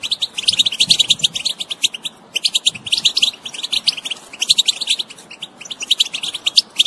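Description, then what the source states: European goldfinch song, rapid high chattering runs separated by short pauses, lively and continuous. Wild bird.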